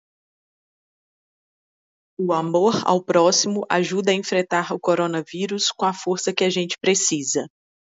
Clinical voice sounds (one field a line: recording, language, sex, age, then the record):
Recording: spoken sentence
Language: Brazilian Portuguese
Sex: female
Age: 30 to 39 years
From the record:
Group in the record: control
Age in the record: 37 years